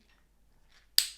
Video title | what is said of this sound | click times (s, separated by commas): PEAK DESIGN ‘CUFF’ vs SMALLRIG CAMERA WRIST STRAP | and pull down it snaps into place while small rig doesn't have that kind of spring there | 1.0 s